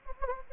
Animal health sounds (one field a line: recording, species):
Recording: mosquito wingbeat signal from an infrared sensor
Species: Anopheles gambiae